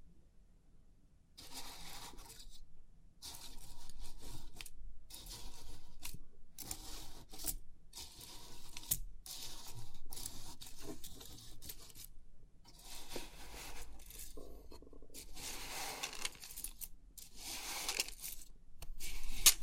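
Crisp pin art tingles: a 3D pin toy is pressed and shifted, making bursts of bright, metallic rattling and scraping that come every second or so with short silent gaps between. The bursts vary in length, and the last one near the end is the loudest.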